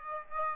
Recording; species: mosquito wingbeat signal from an infrared sensor; Aedes aegypti